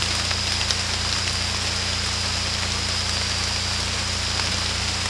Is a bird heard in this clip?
no